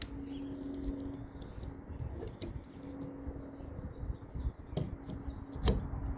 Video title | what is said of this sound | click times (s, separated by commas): Front and Rear Wiper Replacement | Till it clicks and we're done. | 5.7 s